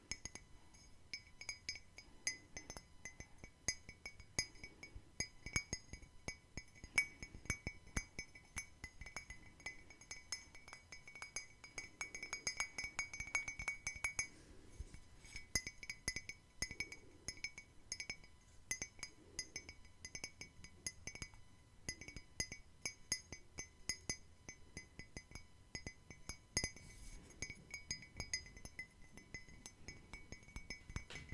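Quick, irregular tapping on glass, bright clinking strikes coming densely throughout, with a steady faint high ringing and low rumble underneath.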